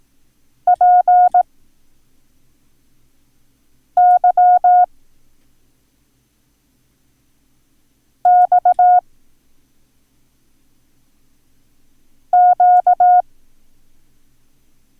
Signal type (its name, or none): Morse code